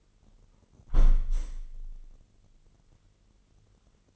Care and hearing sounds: daily activity, microphone in the room; close window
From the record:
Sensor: 4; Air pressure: 999.0 hPa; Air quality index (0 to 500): 128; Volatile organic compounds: 2 ppm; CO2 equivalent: 1251 ppm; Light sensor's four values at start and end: 8/19/7/8 and 8/19/7/8

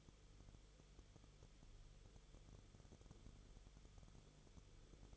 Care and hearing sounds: daily activity, microphone in the room; no activity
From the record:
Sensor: 4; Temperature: 22.9 degrees Celsius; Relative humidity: 34.5%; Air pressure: 1011.5 hPa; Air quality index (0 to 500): 193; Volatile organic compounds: 13 ppm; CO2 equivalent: 2388 ppm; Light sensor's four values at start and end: 2/3/1/1 and 2/3/1/1

